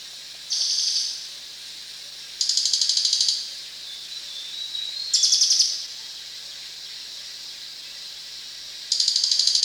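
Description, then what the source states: Crested jay giving loud, buzzy, pulsed rattles about a second long, four at irregular intervals, the last cut off at the end, over a constant background hiss. Recorded at Danum on 1 January 2008.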